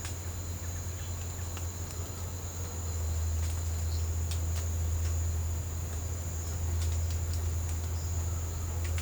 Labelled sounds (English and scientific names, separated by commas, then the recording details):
none
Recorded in secondary vegetation near Puerto Asís, Putumayo, Colombia, on 22 December 2024 at 07:30
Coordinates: 0.499, -76.323
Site G010